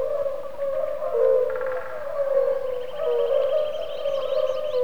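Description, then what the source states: Fire-bellied toads calling in chorus: soft, mellow hooting notes overlap into a near-continuous low tone, with brief higher bird notes above. Calling ('ooking') without pause in pools left after the spring flood, near a river island.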